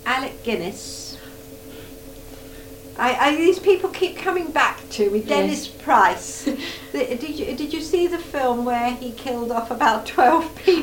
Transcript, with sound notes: Alec Guinness. These people keep coming back to me.
Mhm.
Dennis Price. [laughs] Did you see the film where he killed off about twelve people?